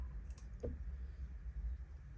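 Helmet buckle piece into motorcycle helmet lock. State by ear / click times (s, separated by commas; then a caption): seated / 0.3 s, 0.4 s. A helmet buckle tongue is pushed into a Lidlox helmet lock mounted on a Low Rider ST motorcycle. It latches with a quick, sharp double click at 0.3 and 0.4 seconds, followed by a soft low thump over a steady low hum. The buckle locks in place.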